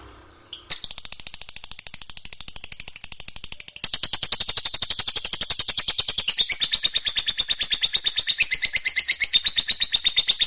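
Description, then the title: Lovebird, after a brief chirp, launches into an unbroken rapid chatter of scratchy high notes that gets louder partway through. Fighter-type lovebird singing energetically (gacor). "SUARA Lovebird FIGHTER GACOR"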